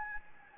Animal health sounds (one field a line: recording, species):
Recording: mosquito wingbeat signal from an infrared sensor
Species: Anopheles gambiae